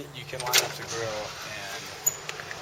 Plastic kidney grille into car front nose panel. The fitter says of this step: snap it into place.